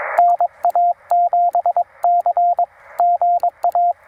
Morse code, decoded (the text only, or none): NA7C GA